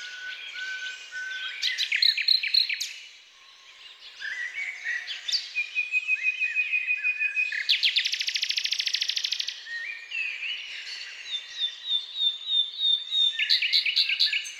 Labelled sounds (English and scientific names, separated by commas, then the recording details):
Common Nightingale (Luscinia megarhynchos) song
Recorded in the wild
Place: Waltershofen / Freiburg im Breisgau, Baden-Württemberg, DE
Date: 1996-05-01
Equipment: Dat-Recorder Casio DA 7, Telinga DAT, Telinga-Parabolspiegel
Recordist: Schwarz, Dieter
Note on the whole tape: Song